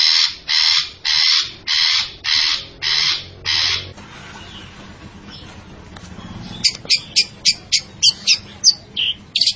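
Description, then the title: Long-tailed shrike song: a series of rough, buzzy notes at an even pace, a short pause, then rapid clipped notes with more varied spacing. Long-tailed shrike described as gacor, singing actively and often. "Cendet Gacor"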